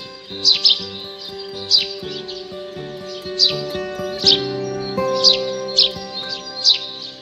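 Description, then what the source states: Eurasian tree sparrow giving repeated sharp chirps, with a low steady hum in the background. Chilp-chilp call of a tree sparrow in a pollard willow, played from a device because the bird was not heard live.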